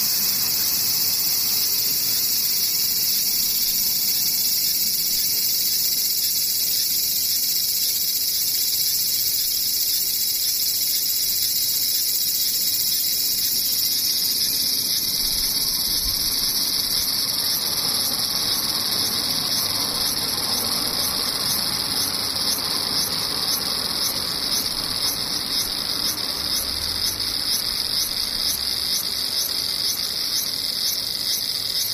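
Cicadas drone in a dense, steady high-pitched buzz, shifting slightly after about fourteen seconds into a faster pulsing, with faint low rumbling underneath.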